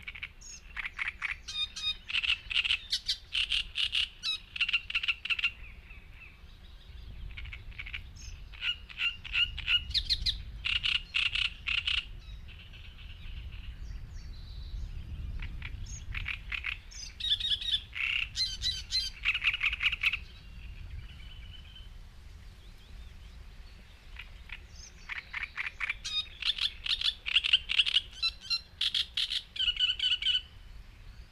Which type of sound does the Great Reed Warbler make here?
song